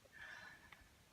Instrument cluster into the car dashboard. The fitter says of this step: flat thing in it should just click right in just go right in easy